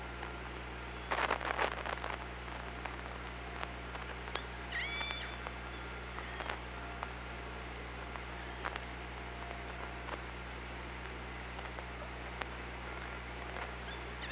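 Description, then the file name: Orca sounds underwater: a burst of clicks early on, a short high tonal call midway, scattered clicks, and a steady low hydrophone hum throughout. Recorded on the OrcaLab hydrophone, 24 August 2017, 18:34. "Orca Lab UTLN JASON 20170824 183404"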